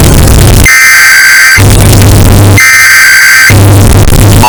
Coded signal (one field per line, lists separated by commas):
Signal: Emergency Alert System (SAME) tones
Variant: header bursts